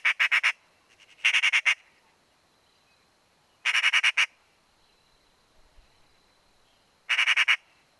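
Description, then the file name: Eurasian magpie giving harsh rattling chatters in four short bursts of rapid notes, separated by quiet gaps. "Pica pica"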